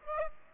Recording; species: mosquito wingbeat signal from an infrared sensor; Aedes aegypti